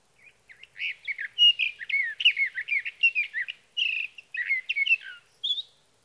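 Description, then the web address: Sage thrasher singing a rambling, continuous warble of varied high chirps and slurred notes in rapid succession, with a brief break before a final clear note. "birdsongforthecurious songs Sage Thrasher"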